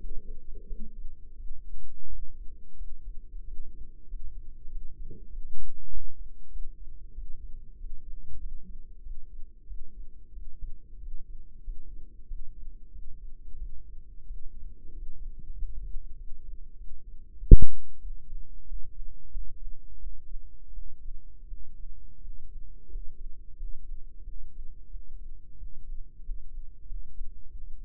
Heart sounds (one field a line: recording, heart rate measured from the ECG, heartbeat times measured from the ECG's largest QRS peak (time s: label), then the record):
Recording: heart sounds by microphone in the right ear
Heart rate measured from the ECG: 92 bpm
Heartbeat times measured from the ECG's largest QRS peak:
0.65 s: heartbeat
1.34 s: heartbeat
2.06 s: heartbeat
2.75 s: heartbeat
3.42 s: heartbeat
4.06 s: heartbeat
4.67 s: heartbeat
5.28 s: heartbeat
5.88 s: heartbeat
6.49 s: heartbeat
7.12 s: heartbeat
7.76 s: heartbeat
8.38 s: heartbeat
9.01 s: heartbeat
9.65 s: heartbeat
10.31 s: heartbeat
10.97 s: heartbeat
11.61 s: heartbeat
12.25 s: heartbeat
12.90 s: heartbeat
13.56 s: heartbeat
14.25 s: heartbeat
14.92 s: heartbeat
15.54 s: heartbeat
16.15 s: heartbeat
16.75 s: heartbeat
17.36 s: heartbeat
17.99 s: heartbeat
18.64 s: heartbeat
19.29 s: heartbeat
19.97 s: heartbeat
20.72 s: heartbeat
21.46 s: heartbeat
22.19 s: heartbeat
22.88 s: heartbeat
23.55 s: heartbeat
24.22 s: heartbeat
24.89 s: heartbeat
25.56 s: heartbeat
26.21 s: heartbeat
26.84 s: heartbeat
27.49 s: heartbeat
From the record:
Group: healthy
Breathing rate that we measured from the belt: 8 breaths a minute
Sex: male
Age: 21 years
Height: 180 cm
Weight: 67.5 kg